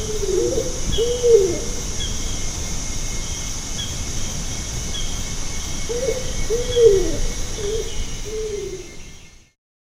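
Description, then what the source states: Bornean ground cuckoo producing two phrases of low whooping notes, the central note louder and dropping in pitch, with faint high insect buzzing throughout. Danum Valley, Borneo.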